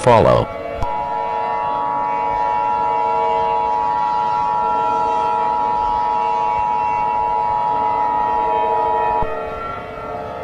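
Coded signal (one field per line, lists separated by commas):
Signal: Emergency Alert System (SAME) tones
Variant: 853 and 960 Hz attention tone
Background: speech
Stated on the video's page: Fictional EAS scenario about a long valley verneshot event.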